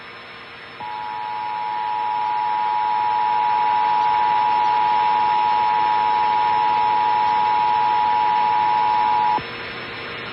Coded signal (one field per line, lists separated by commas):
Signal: Emergency Alert System (SAME) tones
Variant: 853 and 960 Hz attention tone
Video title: National Periodic EAS Test on Gumball Channel (February 17, 2026)